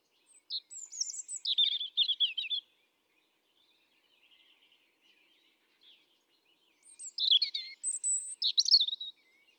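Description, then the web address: European robin song in two high, sweet phrases of quick twittering and sliding notes, separated by a near-silent pause with a few faint notes. "SETE data Erithacus rubecula"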